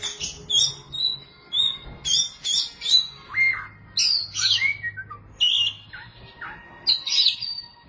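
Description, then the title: Oriental magpie-robin song mixing rasping bursts with clear whistles, including rising and falling slurred notes, in separate phrases with short gaps. "Suara Kicauan Burung Kacer Durasi Panjang"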